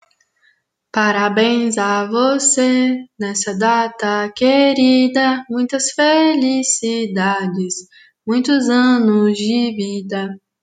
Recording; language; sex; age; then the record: short text; Brazilian Portuguese; female; 18 to 19 years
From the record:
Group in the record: control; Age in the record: 18 years